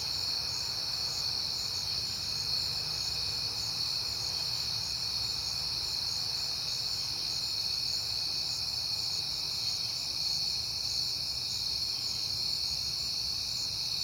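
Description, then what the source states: Many crickets trilling together in a constant high chorus, with a low rumbling hum in the background. Crickets at night in September, recorded on a peaceful night.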